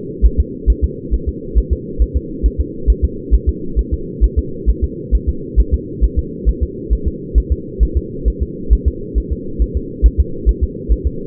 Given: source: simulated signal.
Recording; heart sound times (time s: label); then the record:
fetal heart sounds
0.26 s: S1
0.40 s: S2
0.70 s: S1
0.84 s: S2
1.14 s: S1
1.29 s: S2
1.58 s: S1
1.73 s: S2
2.02 s: S1
2.17 s: S2
2.46 s: S1
2.60 s: S2
2.90 s: S1
3.04 s: S2
3.34 s: S1
3.49 s: S2
3.79 s: S1
3.94 s: S2
4.24 s: S1
4.39 s: S2
4.69 s: S1
4.84 s: S2
5.15 s: S1
5.29 s: S2
5.60 s: S1
5.74 s: S2
6.04 s: S1
6.19 s: S2
6.49 s: S1
6.63 s: S2
6.93 s: S1
7.08 s: S2
7.38 s: S1
7.52 s: S2
7.83 s: S1
7.97 s: S2
8.28 s: S1
8.42 s: S2
8.73 s: S1
8.88 s: S2
9.18 s: S1
9.32 s: S2
9.62 s: S1
9.77 s: S2
10.06 s: S1
10.20 s: S2
10.49 s: S1
10.63 s: S2
10.92 s: S1
11.07 s: S2
From the record:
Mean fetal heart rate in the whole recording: 135 bpm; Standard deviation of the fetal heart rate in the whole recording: 3 bpm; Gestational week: 34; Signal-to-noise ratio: -4.3 dB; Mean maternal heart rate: 72 bpm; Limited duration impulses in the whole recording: absent